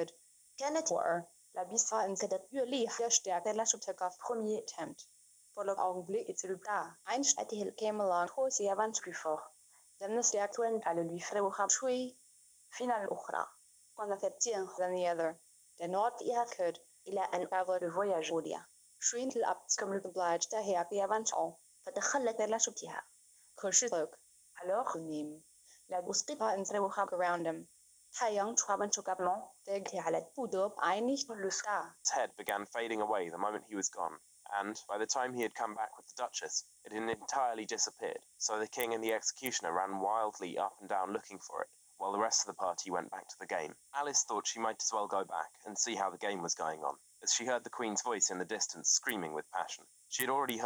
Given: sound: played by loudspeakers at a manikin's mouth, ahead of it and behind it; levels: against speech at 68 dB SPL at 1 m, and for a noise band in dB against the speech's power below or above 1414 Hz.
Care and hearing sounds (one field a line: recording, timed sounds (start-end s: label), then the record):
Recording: test signals for a remote microphone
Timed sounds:
0.00-32.05 s: speech test signal (ISTS)
32.05-50.66 s: man speaking
From the record:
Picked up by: remote microphone B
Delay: 24 ms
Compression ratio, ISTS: 1.85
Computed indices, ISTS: SII 0.995, HASPI 0.987, HASQI 0.342 (non-linear 0.414, linear 0.827), ESTOI 0.825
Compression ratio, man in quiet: 2.01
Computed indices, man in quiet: SII 0.993, HASPI 0.999, HASQI 0.298 (non-linear 0.353, linear 0.843), ESTOI 0.753